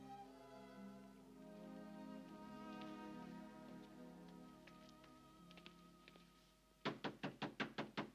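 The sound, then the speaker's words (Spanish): Six firm, evenly spaced knocks on Dorian's door ring out at the end, loud and quick, from someone asking to be let in, after a long stretch of soft, sustained tonal music, in the 1945 film The Picture of Dorian Gray. “Abre la puerta, Dorian. No me marcharé antes de haberte visto.”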